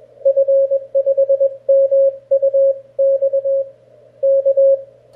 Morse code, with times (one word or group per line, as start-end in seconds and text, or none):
0.3-3.6 F5MUX
4.2-4.8 K